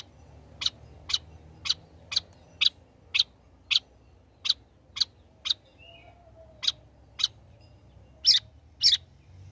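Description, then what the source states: Long-tailed shrike call: single sharp high chips repeated roughly every half second, with short gaps and two louder notes near the end, over faint low hum. Bird singing vigorously (gacor), offered as a tutor recording (masteran) for training other songbirds.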